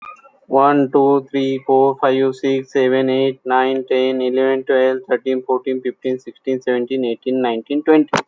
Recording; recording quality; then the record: counting at a fast pace; excellent, no background noise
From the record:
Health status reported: healthy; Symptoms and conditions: none ticked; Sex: male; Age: 46 years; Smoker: not ticked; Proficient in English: yes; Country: India